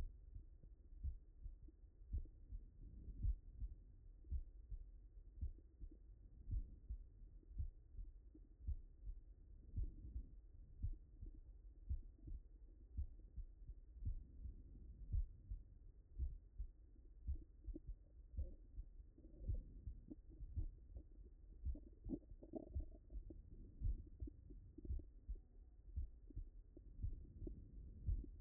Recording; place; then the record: heart sounds by stethoscope; mitral valve (MV)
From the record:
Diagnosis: non-HFrEF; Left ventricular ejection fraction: 60%